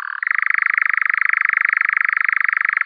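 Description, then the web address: European nightjar churring, a steady dry mechanical trill of rapid even pulses, held without a break after a brief lower-pitched start. "Caprimulgus europaeus"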